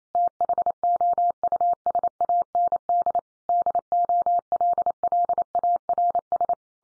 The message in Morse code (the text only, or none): THOUSAND DOLLARS